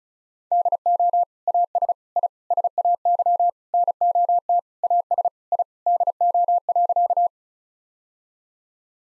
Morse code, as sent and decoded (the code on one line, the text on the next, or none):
-.. --- / .- ... / .. / ... .- -.-- / -. --- - / .- ... / .. / -.. --- .-.-.-
DO AS I SAY NOT AS I DO.